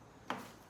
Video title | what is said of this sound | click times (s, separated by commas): Goal Zero Yeti 3000x Buyer's Review | pops right in there | 0.3 s